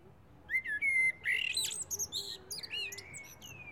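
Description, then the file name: Common blackbird song, a continuous run of mellow whistled notes mixed with sharp, high chattering squeaks and warbles. "Turdus merula"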